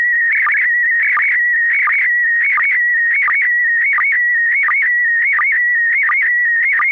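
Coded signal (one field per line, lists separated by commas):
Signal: SSTV (slow-scan television)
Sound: steady warbling tone near 2 kHz with short regular low-pitched blips about every 0.7 seconds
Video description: Use MMSSTV (Windows), Robot 36 (Android), QSSTV (as in the video, Linux) or one of the SSTV programs/apps for Apple to decode the audio yourself.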